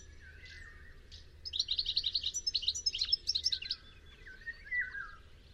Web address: cianscape birddata Deverinetal 2025 Bird Only Ca Ca Ca Ca